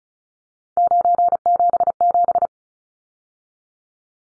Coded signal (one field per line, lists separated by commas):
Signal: Morse code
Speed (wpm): 34 wpm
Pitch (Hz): 700 Hz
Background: none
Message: 977